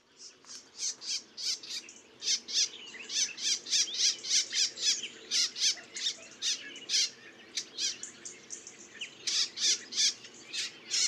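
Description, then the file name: Eurasian blackcap uttering a long, dense run of sharp tack notes, irregular but nearly continuous, with brief pauses between bursts. "Sylvia atricapilla"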